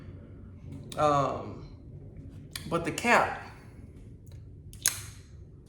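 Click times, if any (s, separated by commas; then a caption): 4.9 s. Someone talks while putting the cap back on a perfume bottle. The cap snaps into place with a sharp click at 4.9 s and sits fully seated, closing like a luxury cap.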